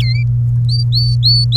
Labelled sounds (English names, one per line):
Domestic Canary song